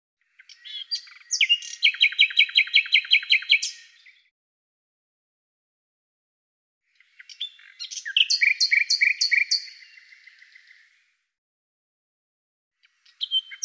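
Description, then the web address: Bird song: two intricate phrases of rapid repeated high notes about three seconds apart, a third phrase beginning at the end, against a silent background. "Deverinetal 2025"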